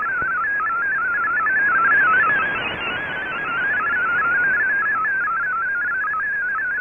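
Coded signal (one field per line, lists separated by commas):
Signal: multi-tone FSK (Olivia or MFSK type)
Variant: MFSK32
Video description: Here is my decode of the Shortwave Radiogram broadcast today on 15770Khz shortwave radio at 1300UTC in MFSK32 and 64 and with 10 SSTV images.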